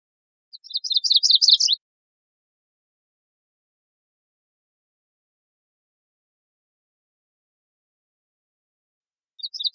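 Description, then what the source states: MacGillivray's warbler song, a high quick chattering phrase near the start and another beginning at the very end, with silence between. Recorded 16 June 2004.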